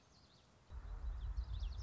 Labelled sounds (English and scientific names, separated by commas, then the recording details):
Common Yellowthroat (Geothlypis trichas)
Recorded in Sonoma County, California